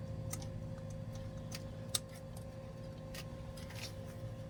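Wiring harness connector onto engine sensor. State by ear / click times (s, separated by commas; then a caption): not seated / none. A wiring harness connector is pushed by hand onto an engine sensor in the cramped engine bay of a 2005 Honda CR-V with codes P0138, P0498 and P0325. Over a steady low hum there are a few faint ticks and one sharper tick near 1.9 s, but the connector has not clicked in yet. It is judged not to have clicked, so it is to be tested by pulling on it.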